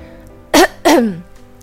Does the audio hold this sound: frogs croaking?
no